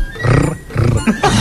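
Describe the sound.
A voice imitates a motorcycle engine with a rough, growling vrrr, rising in short loud bursts with brief dips between them.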